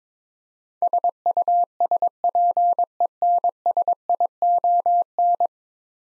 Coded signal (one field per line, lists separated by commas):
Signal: Morse code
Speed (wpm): 22 wpm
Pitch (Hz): 700 Hz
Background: none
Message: SUSPENSION